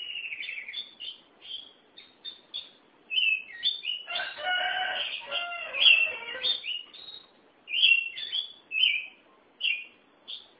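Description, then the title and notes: Oriental magpie-robin song of sweet whistles and chattery notes, interrupted midway by a harsh, harmonic, drawn-out call before the whistling resumes. "Suara Kicauan Burung Kacer Durasi Panjang. Suara kicauan burung kacer format mp3 durasi panjang"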